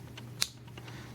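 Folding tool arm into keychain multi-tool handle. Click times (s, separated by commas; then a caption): 0.4 s. A fold-out tool arm on a Gerber Dime keychain multi-tool is pushed closed against its spring into the handle and snaps shut with a single sharp click at 0.4 s. Fainter ticks come at about 0.2, 0.7 and 0.8 s over a steady low hum. The tool seats fully with a very good snap and strong spring retention, and it takes real effort to close.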